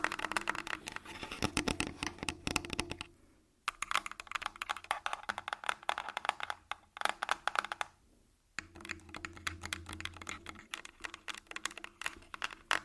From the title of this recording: Tascam Full Body Tapping & Scratching